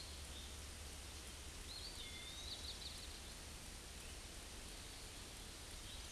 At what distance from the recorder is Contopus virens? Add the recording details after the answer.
about 75 m. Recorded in a Pennsylvania forest on 18 May 2023 at 07:19. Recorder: AudioMoth, point grid1_33_low. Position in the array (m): 121 m, 162 m